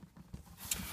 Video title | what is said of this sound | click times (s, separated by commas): Kayak and Dogs Custom Engagement Ring Box | again just locks into place there | 0.7 s